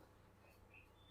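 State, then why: Not seated. A metal retaining strip of a Glamour BS6 motorcycle's handlebar steering lock is pressed firmly into its seat in the lock housing. Only a low, steady hum and faint handling noise are heard, with no sharp click. The strip has not seated or locked into place yet.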